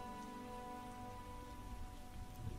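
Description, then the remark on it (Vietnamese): Steady rain pours down in a dense, continuous hiss with soft patters of drops, holding an even loudness throughout, with a faint sustained tonal hum underneath and no voices. “Độ 15 phút cơn mưa đã tạnh, nhường chỗ lại cho ánh nắng chói chang cảnh vật xung quanh.”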